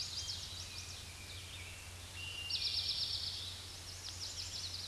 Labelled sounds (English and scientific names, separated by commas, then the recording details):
Eastern Towhee (Pipilo erythrophthalmus) song
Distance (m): 10 m
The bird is about 10 m above the microphone
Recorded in a Pennsylvania forest on 16 May 2024 at 06:37
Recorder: AudioMoth, point MSD-1035
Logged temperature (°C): 16.3 °C
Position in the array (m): 212 m, 125 m